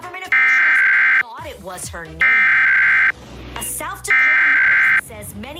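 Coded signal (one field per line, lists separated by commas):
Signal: Emergency Alert System (SAME) tones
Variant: header bursts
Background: speech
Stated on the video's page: Pennsylvania statewide EAS Required Monthly Test, received on radio, cable, streaming and TV stations.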